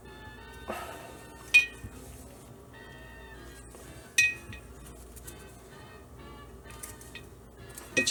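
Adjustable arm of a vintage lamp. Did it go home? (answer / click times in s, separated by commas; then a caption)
no / none. The adjustable arm of a vintage lamp is pulled down to snap it into place, with a few metallic clinks and taps and quiet background music, the loudest knock coming near 4.2 seconds. Nothing has snapped into place yet.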